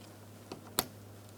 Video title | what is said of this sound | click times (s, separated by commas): How to Replace Mirrors 2004-2008 Pontiac Grand Prix | After that click, double check to make sure it's secured in place. | 0.8 s